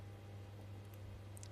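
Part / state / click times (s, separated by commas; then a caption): tactile switch into circuit board holes / not seated / none. The bent leads of a small tactile push switch, squashed in the packaging, are being straightened and lined up before the switch is pushed into the holes of a clock kit circuit board. Over a steady low hum, a few faint, brief high ticks of handling come at about 0.9 s and 1.4 s. The switch has not yet been pushed in or seated.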